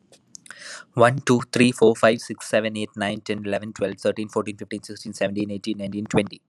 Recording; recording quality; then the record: counting at a fast pace; excellent, no background noise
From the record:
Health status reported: healthy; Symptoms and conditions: none ticked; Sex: male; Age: 25 years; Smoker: not ticked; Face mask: not worn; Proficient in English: yes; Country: India